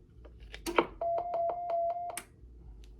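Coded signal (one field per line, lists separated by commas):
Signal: roger beep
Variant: Stryker roger beep 5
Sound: clicks, then a one-second steady mid tone with rapid ticking, ending in a click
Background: small room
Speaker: Okay, I changed that up a little bit.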